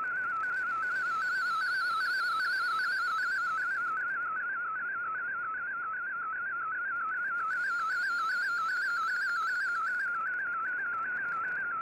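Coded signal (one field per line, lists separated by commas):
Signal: SSTV (slow-scan television)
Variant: PD 50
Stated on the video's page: SSTV images in the Shortwave Radiogram broadcast on 15770 kHz at 1330 UTC, received in Toronto on an Icom IC-R8600; signal mostly clear.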